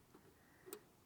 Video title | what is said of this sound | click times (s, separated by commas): How to install an Auxbeam on a 5th generation Toyota 4runner | you hear it click and then once you've | 0.7 s